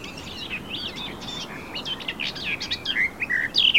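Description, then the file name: Eurasian blackcap song: a soft, scratchy warble that builds into louder, clear whistled notes at the close of this short excerpt. "Sylvia atricapilla"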